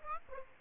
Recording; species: mosquito wingbeat signal from an infrared sensor; Aedes aegypti